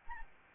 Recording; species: mosquito wingbeat signal from an infrared sensor; Anopheles arabiensis